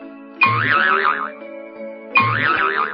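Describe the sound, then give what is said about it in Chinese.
Two springy cartoon boings as Robin bounces on a trampoline under a tree in a Winnie the Pooh story, each starting with a sharp twang and then wobbling up and down in pitch, about a second and a half apart over a steady humming tone. “罗宾蹦蹦跳跳的玩得好高兴哦，他笑着对小熊维尼说：“ 小熊维尼，你看，我可以跳得比跳跳虎还高哎。”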